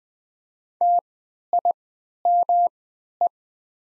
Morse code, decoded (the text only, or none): TIME